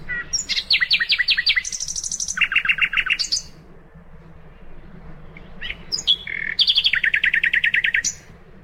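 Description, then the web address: Common nightingale song: rapid repeated notes in fast trills and chattering bursts, phrases separated by short pauses and a longer gap in the middle. "birdsong nightingale"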